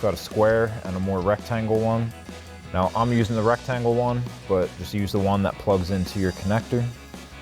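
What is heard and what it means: Someone talks over background music while handling the square and rectangular connectors on the back of a Euro-style RGB sequential LED tail light for a 2024-2026 Mustang, inside the trunk. The rectangular harness plug is readied to press into the vehicle's wiring connector. Nothing has seated or clicked yet.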